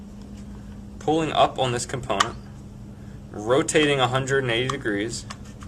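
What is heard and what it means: Someone talks while handling a plastic hinge component on a Graco Pack 'n Play Reversible Napper and Changer Playard, rotating it 180 degrees into the playard frame so it can be pushed down to snap into place. Only speech and a faint steady hum are heard, and the part has not snapped into place yet.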